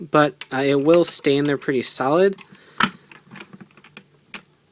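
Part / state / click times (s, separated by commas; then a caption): front flap of plastic toy car over the cheetah-head insert / seated / 2.8 s. Someone talks, then the front flap of a plastic Buster Machine CB-01 DX Go-Buster Ace toy car is closed down over the inserted cheetah-head piece, giving a sharp click at 2.8 s. A few softer taps and rattles follow as the flap locks in place and the piece stays seated.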